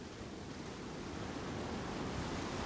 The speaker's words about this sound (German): Und dann lauschen sie jenem Brausen, welches sich nähert. Sie lauschen dem Meer.